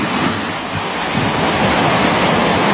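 Heavy storm surf at sea roars continuously during a strong storm, a dense rush of crashing waves that swells louder midway through, with deep rumbling churn beneath a broad hiss of spray.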